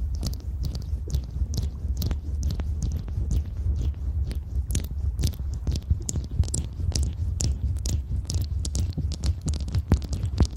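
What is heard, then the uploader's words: Eating and licking sounds, with quick wet clicks and smacks arriving in a dense, fast, irregular stream throughout. Each click is short and crisp, reaching bright highs, over a constant low rumbling hum that sits underneath the whole recording. ASMR Fast Ear Eating & Licking.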